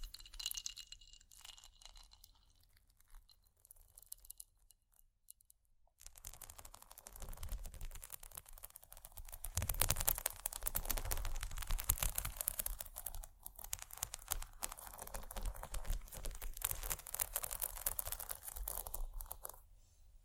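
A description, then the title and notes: Bumpy, textured items scratch against each other. The first six seconds are sparse and quiet, with a few faint scrapes and a soft hiss. Then a dense, crackling scratching begins and runs steadily to the end, loudest around ten to thirteen seconds, rough and bright. ASMR Bumpy Textured Items Scratching（No Talking）.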